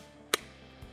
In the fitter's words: You want to hear that snap into place and away you go.